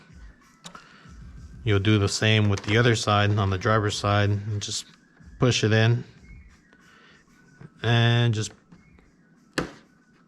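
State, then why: Seated. A driver's-side rear LED light is pushed into its socket in the plastic body of a Traxxas Blazer RC truck while someone talks. A single sharp click is heard at 9.6 seconds as the light pops in and seats, secure so it cannot be pulled out.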